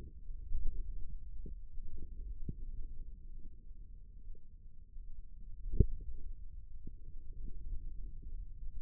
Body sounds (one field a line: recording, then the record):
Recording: forearm muscle sounds (acoustic myography)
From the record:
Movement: radial deviation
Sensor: system 2, bracelet of six BSWA MPA416 microphones around the upper forearm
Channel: 4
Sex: female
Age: 25 years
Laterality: right